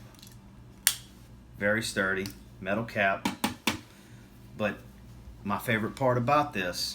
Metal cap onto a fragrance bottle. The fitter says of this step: Cap does click into place.